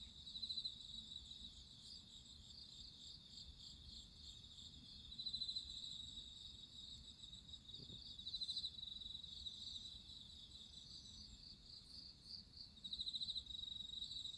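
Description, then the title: Crickets calling, bright pulsed trill bursts recurring about every four seconds above a continuous high chorus, with one soft click. Crickets singing at midnight. "Listen to nature crickets singing at midnight"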